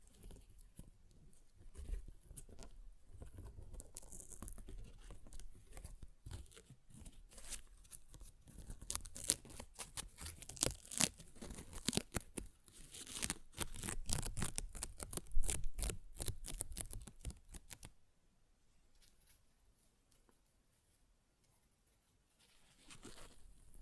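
Paper is torn and ripped in a dense run of sharp, crackling bursts, growing busier and louder from about eight seconds to a peak near fifteen. The tearing stops abruptly around eighteen seconds, leaving near silence, with a brief soft rustle at the very end.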